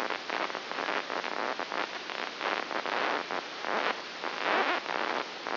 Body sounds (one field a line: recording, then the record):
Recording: brain microelectrode recording played as sound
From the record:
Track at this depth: inside the subthalamic nucleus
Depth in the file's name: 4.201 mm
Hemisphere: right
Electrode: 2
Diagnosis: Parkinson's disease